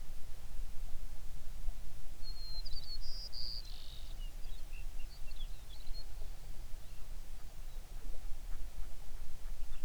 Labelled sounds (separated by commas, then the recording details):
songbird
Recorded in the Prudhoe Bay oil fields, Alaska, on 11 June 2019 at 05:01
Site 21